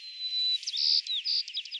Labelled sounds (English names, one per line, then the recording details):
White-crowned Sparrow song
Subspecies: nuttalli
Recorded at San Simeon, California, in 2014
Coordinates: 35.673, -121.283
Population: south
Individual SANS_maleK